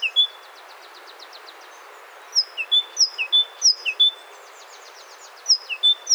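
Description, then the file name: Great tit song: bright two-note phrases, a high note dropping to a lower one, repeated rapidly in short bursts, with a faint series of thin high notes near the start. "Parus major"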